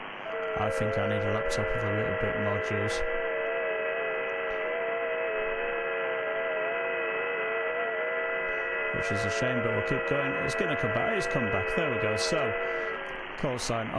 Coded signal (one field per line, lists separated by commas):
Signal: FT8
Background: speech